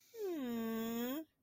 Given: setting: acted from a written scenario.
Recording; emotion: vocal sound without words; adoration